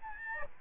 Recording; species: mosquito wingbeat signal from an infrared sensor; Aedes albopictus